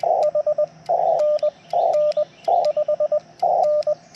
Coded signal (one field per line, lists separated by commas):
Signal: Morse code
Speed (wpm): 19 wpm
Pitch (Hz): 590 Hz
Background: radio noise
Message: HNN 5N